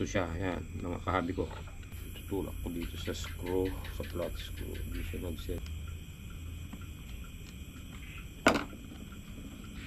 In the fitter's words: Mukhang kumagat na yun.